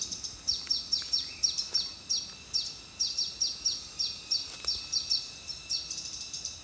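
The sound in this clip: Small sunbird repeating sharp, high descending tsip notes in quick uneven series, with a faint continuous whine and soft background noise.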